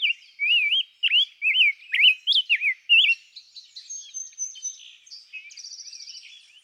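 Rose-breasted grosbeak song: a quick run of rich, looping whistled phrases for about three seconds, then fainter high chips and trills from other birds.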